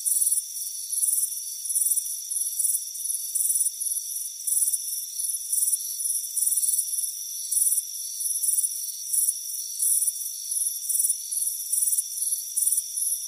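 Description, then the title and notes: Crickets trill in quick, high, repeated pulses with barely a pause between bursts, over continuous steady insect tones. Crickets chirping on a front porch on a warm afternoon. "Soothing Crickets Chirping Sound. It's a warm afternoon as you relax in a hammock on the front porch. Relax and fall asleep to the soothing sound of chirping crickets"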